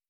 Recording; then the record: hydrophone in a shrimp aquaculture tank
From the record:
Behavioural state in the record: starved